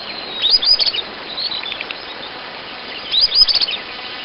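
Bird calls: two brief bursts of rapid, high, thin chirps, with a few fainter notes between, over soft hiss.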